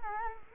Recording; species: mosquito wingbeat signal from an infrared sensor; Culex quinquefasciatus